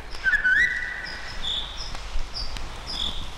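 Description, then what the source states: Eurasian golden oriole song: one short fluted whistle sliding upward, with faint thin high notes. Song short and sad in character; well heard in a June pre-sunset forest, in moist air after a short summer rain.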